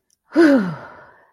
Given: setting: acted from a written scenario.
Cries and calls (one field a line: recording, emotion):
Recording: vocal sound without words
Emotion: ecstasy